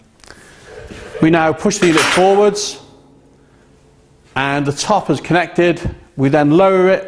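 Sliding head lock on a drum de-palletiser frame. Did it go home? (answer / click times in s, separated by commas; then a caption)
yes / 0.2 s, 0.3 s. The sliding head on a straddle drum de-palletiser frame is pushed forward and locks in place, locking the sliding mechanism, with two short sharp clicks at 0.2 s and 0.3 s. Someone then talks over a quiet background.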